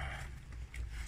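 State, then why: Seated. A wiring harness connector is pushed onto the replacement direct ignition cassette on a Saab 9-5 engine, with low rumbling in the background. A sharp plastic snap is heard at 0.8 s as the connector seats.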